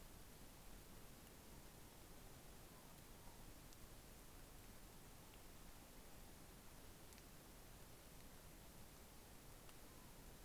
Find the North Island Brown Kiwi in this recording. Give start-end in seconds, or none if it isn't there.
none